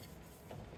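A power window or door lock switch on a 1994 Chevy K1500, with its three-pin side on the right, is being handled and fitted into the plastic door trim bezel. Steady low rumbling noise runs throughout, with a slight swell of handling sound around 0.5 s. Nothing has seated or clicked yet.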